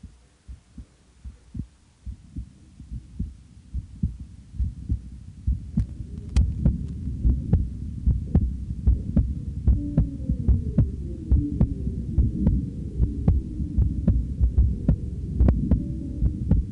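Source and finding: Human heart. Heartbeat.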